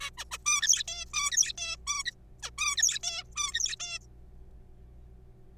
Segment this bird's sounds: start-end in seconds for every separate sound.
0.01-0.10, 0.18-0.25, 0.31-0.38, 0.46-0.83, 0.88-1.05, 1.14-1.30, 1.31-1.53, 1.58-1.76, 1.87-2.03, 2.06-2.11, 2.43-2.50, 2.58-2.77, 2.77-2.99, 3.03-3.23, 3.36-3.76, 3.80-3.99